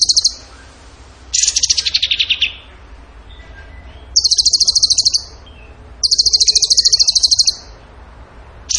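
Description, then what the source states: Bird song with several bursts of fast, piercing trills, one dropping in pitch, spaced by pauses. Masteran training song for birds in the tembakan gacor style.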